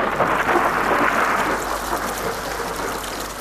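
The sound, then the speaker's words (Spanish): Steady rain pours down in a dense, hissing wash with a low rumble beneath, holding loud and even for a few seconds before easing slightly, with no voices. “Todos subieron tranquilamente al arca y fue entonces cuando comenzó a llover.”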